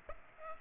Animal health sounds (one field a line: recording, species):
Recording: mosquito wingbeat signal from an infrared sensor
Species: Aedes aegypti